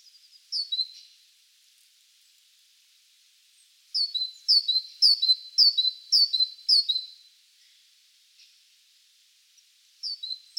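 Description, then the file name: Great tit song: clear two-note phrases, a high note dropping to a lower one, repeated about six times in a quick even series, with shorter bursts before and after. "Parus major"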